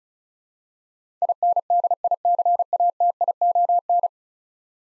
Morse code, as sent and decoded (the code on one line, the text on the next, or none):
.. -. -.. .. -.-. .- - .. --- -.
INDICATION